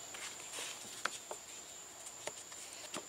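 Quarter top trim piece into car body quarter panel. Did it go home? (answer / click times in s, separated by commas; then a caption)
yes / 1.1 s. A trim piece is fitted onto a 1989 Chevy Caprice body, the front section of the rear quarter top trim going in front of the other trim piece on the quarter panel. It snaps into place with a sharp click at 1.1 s, followed by quieter hits at about 2.3 s and 2.9 s over a steady high-pitched hum, and the trim is seated.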